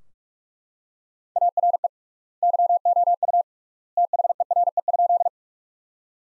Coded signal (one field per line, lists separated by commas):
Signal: Morse code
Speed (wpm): 42 wpm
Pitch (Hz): 700 Hz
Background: none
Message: ARE YOU THERE?